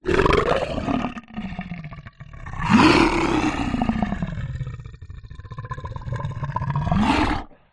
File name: zapsplat. lion roar growl